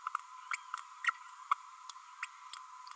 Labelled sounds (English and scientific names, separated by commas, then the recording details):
Green-rumped Parrotlet (Forpus passerinus) babbling
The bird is a female
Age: 31 days
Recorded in a nest box in Venezuela
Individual 17B32A7